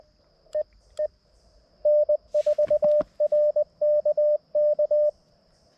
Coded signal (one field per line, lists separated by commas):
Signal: Morse code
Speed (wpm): 20 wpm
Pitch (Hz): 600 Hz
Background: none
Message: E E N4RKK